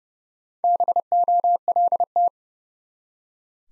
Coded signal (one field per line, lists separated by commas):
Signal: Morse code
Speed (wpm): 30 wpm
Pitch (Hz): 700 Hz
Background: none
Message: BOLT